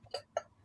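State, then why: Seated. A bottom piece is fitted onto a ceramic figure lamp, with a softer tap just before a sharp, bright hit at 0.4 s. The bottom locks in place.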